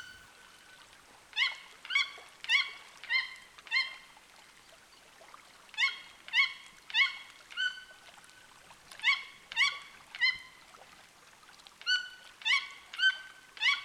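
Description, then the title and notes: Toucan yelping song, a steady stream of nasal harmonic notes in clusters of four or five, roughly two per second, continuing throughout with little else heard. Toucans singing in the Amazon rainforest, flooded forest of Petit Saut lake, sunny late afternoon, approached by canoe towards a bank. "Le chant des toucans. nous sommes dans la forêt amazonienne. la forêt inondée du lac de petit saut. par cette fin d’après-midi ensoleillée"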